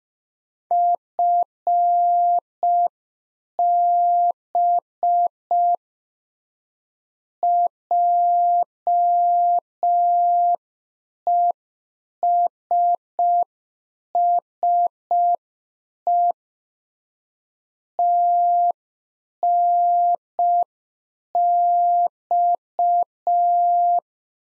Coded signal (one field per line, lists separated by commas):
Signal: Morse code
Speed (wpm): 5 wpm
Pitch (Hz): 700 Hz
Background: none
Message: FB JESSE TNX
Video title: Practice QSO - Exchange 3- More Info - 5wpm